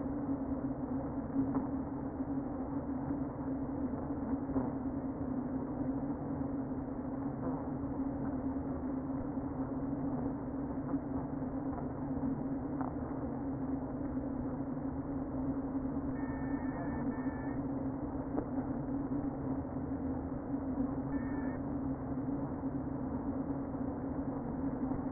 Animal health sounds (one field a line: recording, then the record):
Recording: honeybee colony, microphone inside the hive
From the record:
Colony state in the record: queen present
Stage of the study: before two queens were removed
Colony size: about 60,000 bees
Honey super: yes